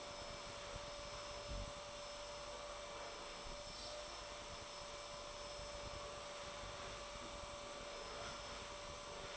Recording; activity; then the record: daily activity, microphone in the room; vacuum cleaning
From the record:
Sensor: 5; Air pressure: 1007.8 hPa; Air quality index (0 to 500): 95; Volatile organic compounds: 1 ppm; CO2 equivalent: 748 ppm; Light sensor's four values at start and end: 34/80/32/32 and 34/80/32/32